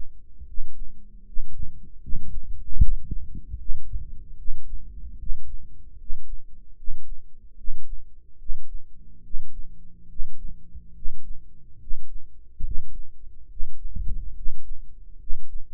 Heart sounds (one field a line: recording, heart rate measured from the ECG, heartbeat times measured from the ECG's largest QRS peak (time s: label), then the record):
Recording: heart sounds by microphone in the right ear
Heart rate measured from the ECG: 73 bpm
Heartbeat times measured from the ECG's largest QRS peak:
0.45 s: heartbeat
1.24 s: heartbeat
2.00 s: heartbeat
2.79 s: heartbeat
3.57 s: heartbeat
4.36 s: heartbeat
5.17 s: heartbeat
5.97 s: heartbeat
6.75 s: heartbeat
7.56 s: heartbeat
8.37 s: heartbeat
9.22 s: heartbeat
10.07 s: heartbeat
10.93 s: heartbeat
11.78 s: heartbeat
12.62 s: heartbeat
13.47 s: heartbeat
14.34 s: heartbeat
15.18 s: heartbeat
From the record:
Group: healthy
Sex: male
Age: 35 years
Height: 180 cm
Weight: 86.9 kg